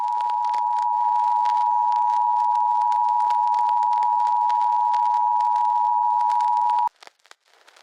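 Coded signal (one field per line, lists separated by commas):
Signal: Emergency Alert System (SAME) tones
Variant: 853 and 960 Hz attention tone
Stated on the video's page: Fictional EAS scenario; the alert is simulated, not a real broadcast.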